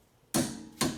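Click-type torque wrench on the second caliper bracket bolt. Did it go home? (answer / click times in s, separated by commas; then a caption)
yes / 0.3 s, 0.8 s. A click-type torque wrench tightens the second 17 mm caliper bracket bolt on a Honda CR-V during a rear wheel bearing replacement. After a quiet lead-in, a sharp click comes at 0.3 s and a second, shorter click at 0.8 s, both with bright high-frequency content. The wrench has clicked and the bolt is confirmed torqued.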